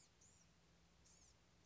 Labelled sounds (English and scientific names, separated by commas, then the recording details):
Blue-gray Gnatcatcher (Polioptila caerulea)
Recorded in Sonoma County, California